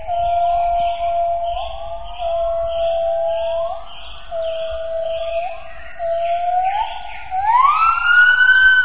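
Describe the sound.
Gibbon song: steady hooting notes give way to rising swoops that climb higher and grow louder toward the end.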